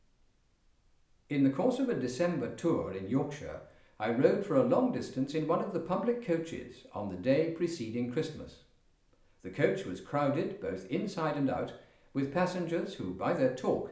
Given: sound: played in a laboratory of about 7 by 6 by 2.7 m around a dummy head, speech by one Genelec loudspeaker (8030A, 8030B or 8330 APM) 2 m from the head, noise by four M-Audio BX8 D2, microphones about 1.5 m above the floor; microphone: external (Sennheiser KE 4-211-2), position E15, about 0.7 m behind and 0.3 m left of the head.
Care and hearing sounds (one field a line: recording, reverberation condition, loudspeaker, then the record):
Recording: male speech in English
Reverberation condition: medium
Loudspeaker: 120 degrees to the left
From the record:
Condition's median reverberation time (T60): about 510 ms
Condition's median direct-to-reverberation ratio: about -0.5 dB